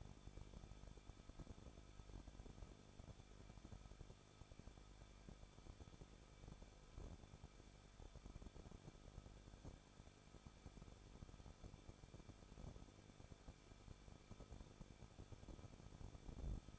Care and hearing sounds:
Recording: daily activity, microphone in the room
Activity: no activity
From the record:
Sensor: 5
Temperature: 20.9 degrees Celsius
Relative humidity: 38.3%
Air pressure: 1006.4 hPa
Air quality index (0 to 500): 188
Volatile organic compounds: 19 ppm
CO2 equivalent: 2642 ppm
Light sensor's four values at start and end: 2/3/1/1 and 2/3/1/1

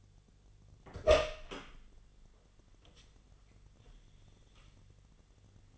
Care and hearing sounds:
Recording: daily activity, microphone in the room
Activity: open door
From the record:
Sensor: 4

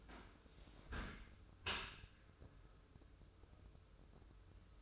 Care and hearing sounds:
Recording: daily activity, microphone in the room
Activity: close dishwasher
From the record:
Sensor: 2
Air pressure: 995.7 hPa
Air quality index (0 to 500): 94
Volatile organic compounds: 5 ppm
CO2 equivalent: 1750 ppm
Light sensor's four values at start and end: 25/80/32/31 and 25/80/32/31

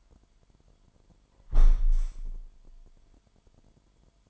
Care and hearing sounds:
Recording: daily activity, microphone in the room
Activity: close window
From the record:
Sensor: 5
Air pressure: 998.7 hPa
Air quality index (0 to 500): 99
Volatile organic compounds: 2 ppm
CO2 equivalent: 1137 ppm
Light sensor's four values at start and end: 32/77/32/36 and 31/77/32/36

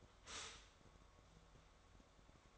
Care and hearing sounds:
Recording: daily activity, microphone in the room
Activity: stop toaster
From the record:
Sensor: 3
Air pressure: 1014.7 hPa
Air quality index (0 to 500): 199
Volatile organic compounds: 25 ppm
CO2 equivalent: 2845 ppm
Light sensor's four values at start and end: 4/10/4/4 and 4/10/4/4

